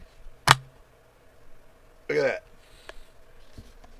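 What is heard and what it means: The lock button on a plastic water jug's lid is pushed to the right, and a sharp click at 0.5 s releases the lock so the lid pops open. Someone then talks briefly, followed by a few faint ticks.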